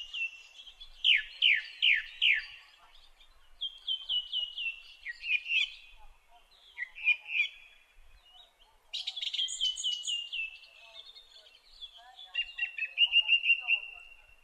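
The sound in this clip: Song thrush delivering varied phrases, each repeated several times: rapid down-slurred notes, then other figures, a shrill high burst and a final run of clear notes.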